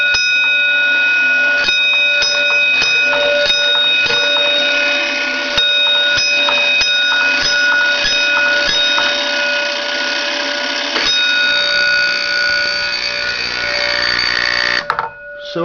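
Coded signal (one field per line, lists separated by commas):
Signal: coded fire alarm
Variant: Gamewell fire alarm box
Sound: a metallic bell rings almost continuously, with repeated strokes and no clear groups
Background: small room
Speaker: and pull the switch to activate the bell and ring to Signal This Bar there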